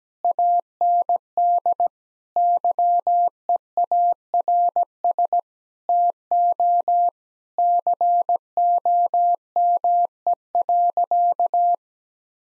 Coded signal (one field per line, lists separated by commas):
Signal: Morse code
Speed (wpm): 17 wpm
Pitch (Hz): 700 Hz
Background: none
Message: AND YEARS TO COME.